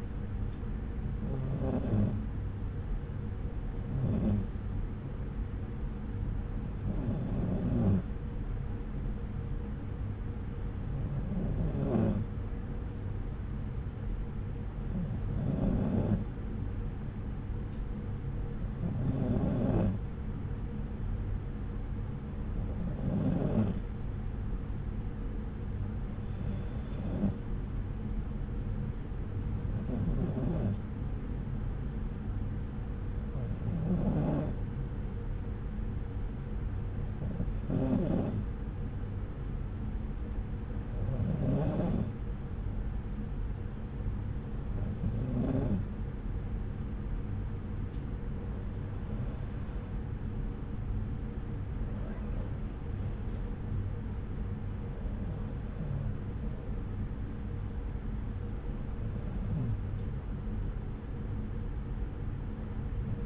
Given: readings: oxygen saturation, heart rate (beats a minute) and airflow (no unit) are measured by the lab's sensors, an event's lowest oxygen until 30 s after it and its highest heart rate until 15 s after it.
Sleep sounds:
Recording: breathing in sleep by a smartphone at the bedside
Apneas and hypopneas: 1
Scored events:
28.00-52.90 s: hypopnea (N2, oxygen 94% highest, then 94% lowest)
52.00-63.26 s: new sleep stage, N1 (lightest sleep)
From the record:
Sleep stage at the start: N2 (light sleep)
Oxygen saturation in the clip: 93 to 94%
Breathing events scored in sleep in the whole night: 303 in 8.1 hours asleep

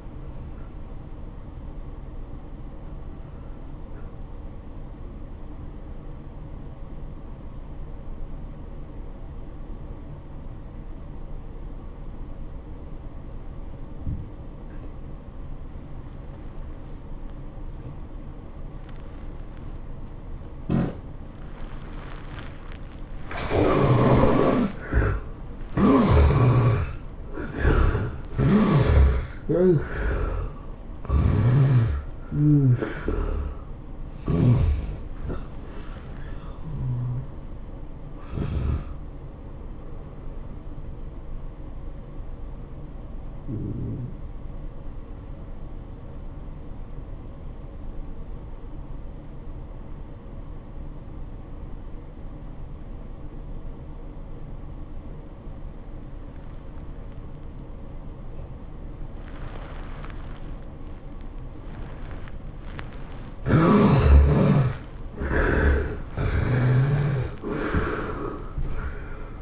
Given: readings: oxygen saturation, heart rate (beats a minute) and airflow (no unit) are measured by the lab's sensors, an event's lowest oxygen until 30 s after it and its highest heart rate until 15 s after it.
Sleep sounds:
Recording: breathing in sleep by a smartphone at the bedside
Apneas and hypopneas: 2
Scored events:
4.00-23.70 s: obstructive apnea (N2, oxygen 95% highest, then 73% lowest, heart rate 86 at the start, 106 highest)
33.00-63.00 s: new sleep stage, N1 (lightest sleep)
40.00-63.00 s: hypopnea (N1, oxygen 97% highest, then 73% lowest, heart rate 102 at the start, 103 highest)
63.00-69.42 s: new sleep stage, awake
64.00-69.42 s: awake
From the record:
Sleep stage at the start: N2 (light sleep)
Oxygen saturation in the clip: 72 to 97%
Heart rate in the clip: 79 to 106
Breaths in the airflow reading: 8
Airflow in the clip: -14.9 to 12.8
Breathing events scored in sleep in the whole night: 403 in 5.5 hours asleep

